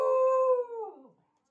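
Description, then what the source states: Dog howling: one long, clear, level wail that bends downward and breaks off after about a second. Hokkaido dog Toichiro, the host's pet, on a morning walk along the Toyohira River bank, Sapporo, 9 November, 6:41 am, cold clear morning.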